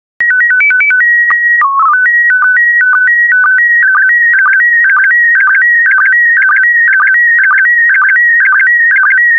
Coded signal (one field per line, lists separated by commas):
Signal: SSTV (slow-scan television)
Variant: PD 120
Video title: 124098 Flowering Potted Plants SSTV PD120